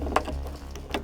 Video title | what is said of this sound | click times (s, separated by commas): Swapping Out Chevrolet Suburban Stock Tail Lights To Cadillac Style | hopefully you can see it and it snaps right in | 0.2 s